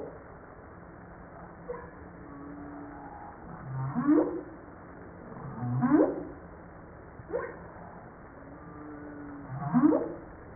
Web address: humpback